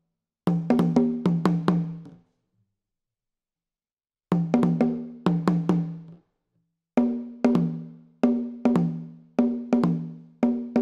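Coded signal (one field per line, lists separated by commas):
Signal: talking drum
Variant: Akan atumpan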